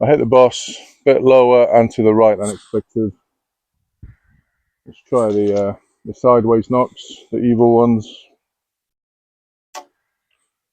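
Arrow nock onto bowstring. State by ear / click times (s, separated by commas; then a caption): seated / 9.8 s. Someone talks, then a sideways-oriented plastic arrow nock is pressed onto the bowstring. It seats with a short, sharp click at 9.8 s, and the nock is confirmed snapped onto the string.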